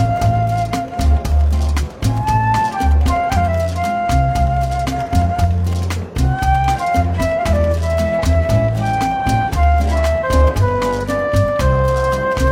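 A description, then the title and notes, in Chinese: Soft, relaxed jazz plays in a small café, with a walking low bass line under a bright, wandering melody that rises and falls over brushed drums. The music stays steady and fairly loud throughout, while faint café murmur sits underneath. 伦敦书店咖啡馆轻微喧闹氛围与柔和轻松的爵士背景音乐。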